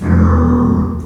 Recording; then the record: squeal of a Yucatan mini pig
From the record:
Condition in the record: after surgery on the right vocal fold (resection and tissue-engineered implant); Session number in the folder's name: 16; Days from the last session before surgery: 183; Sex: female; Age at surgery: 19 weeks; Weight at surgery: 25 kg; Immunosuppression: prednisolone